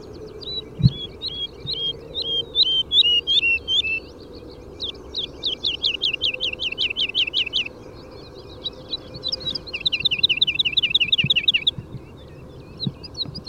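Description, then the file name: Woodlark singing several separate phrases, each a rapid, even series of liquid descending notes, with short pauses between them. Nominate subspecies Lullula arborea arborea. "Boomleeuwerik Lullula arborea arborea"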